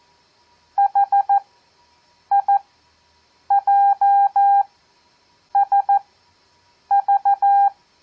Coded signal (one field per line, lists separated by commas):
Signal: Morse code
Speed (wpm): 14 wpm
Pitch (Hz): 800 Hz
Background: none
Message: HIJSV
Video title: Copy Morse Code 7th Grade